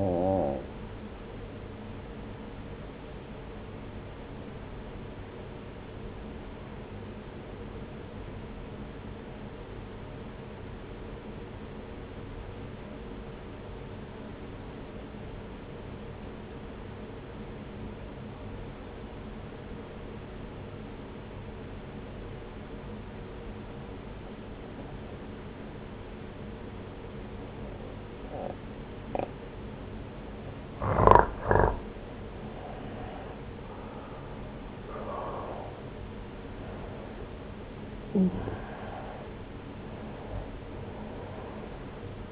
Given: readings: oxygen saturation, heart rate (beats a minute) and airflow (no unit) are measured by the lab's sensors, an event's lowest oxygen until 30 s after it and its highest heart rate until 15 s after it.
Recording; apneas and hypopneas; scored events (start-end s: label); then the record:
breathing in sleep by a voice recorder at the bedside; 1
10.00-33.40 s: obstructive apnea (N1, oxygen 96% highest, then 85% lowest)
From the record:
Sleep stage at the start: N1 (lightest sleep); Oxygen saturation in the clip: 87 to 96%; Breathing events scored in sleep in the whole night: 303 in 8.1 hours asleep